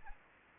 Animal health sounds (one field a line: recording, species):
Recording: mosquito wingbeat signal from an infrared sensor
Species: Anopheles arabiensis